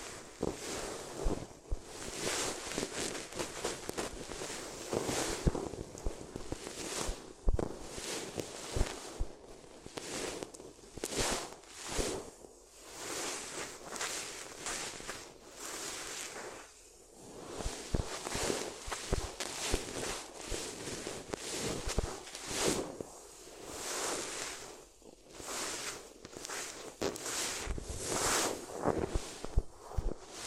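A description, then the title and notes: Paper is crinkled and rubbed in a continuous, busy stream of crackles and rustles across the whole half minute. The crunching comes in irregular bursts, bright and papery, with brief thinner gaps around 12, 17 and 25 seconds before the handling picks up again. ASMR If You Had Paper Ears (No Talking).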